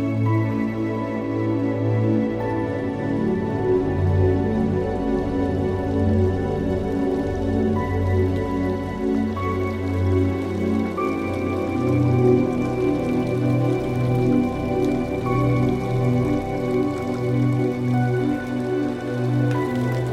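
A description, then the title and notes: Soft, slow music plays throughout, with long held tones and a deep bass line that shifts note every second or so. Faint watery patter and hiss sit beneath it. The level stays steady and even from start to finish. Sunset Seas - Sleep Music with Ocean Waves. The soothing music and gentle ocean noises.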